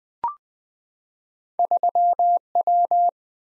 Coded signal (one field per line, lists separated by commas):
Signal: Morse code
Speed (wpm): 20 wpm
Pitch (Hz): 700 Hz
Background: none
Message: 3W